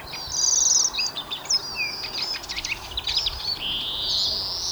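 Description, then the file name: Greenfinch twittering in quick high trills and chirps, ending on a drawn-out wheezy rising note, background hiss throughout. "Chloris chloris"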